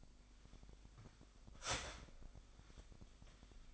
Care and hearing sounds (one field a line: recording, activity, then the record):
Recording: daily activity, microphone in the room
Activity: start toaster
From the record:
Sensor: 5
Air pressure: 1001.9 hPa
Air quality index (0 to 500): 203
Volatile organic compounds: 18 ppm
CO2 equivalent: 2623 ppm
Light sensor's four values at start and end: 34/110/42/45 and 35/110/42/45